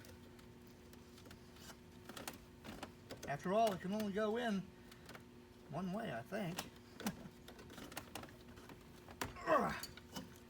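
The main ignition wiring harness plug on a 1989 Ford Thunderbird is pushed onto the new ignition switch while someone talks, with light clicks and taps of handling along the way. A sharp snap at 9.2 s marks the connector seating, and it ends up snug.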